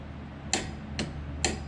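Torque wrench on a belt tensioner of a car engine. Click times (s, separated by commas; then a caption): 1.4 s. A torque wrench on a Katech belt tensioner of a Trans Am car engine is pulled back to tension the belt. Three evenly spaced, sharp metallic ticks sound at about 0.5, 1.0 and 1.5 s over a steady low hum. The last and loudest tick at 1.5 s is the wrench's click, confirming the belt tension is set.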